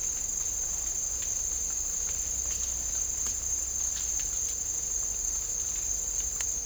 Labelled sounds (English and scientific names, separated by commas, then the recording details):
none
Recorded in dense forest near Puerto Asís, Putumayo, Colombia, on 20 December 2024 at 07:30
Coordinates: 0.499, -76.324
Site G045